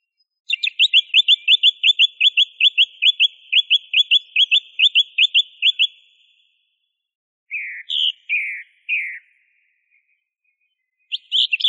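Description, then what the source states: Song thrush song with a long string of identical clipped notes repeated steadily, followed by a few slurred, descending whistles after a short pause. Masteran recording for training songbirds.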